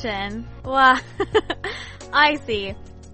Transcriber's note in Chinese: chuckle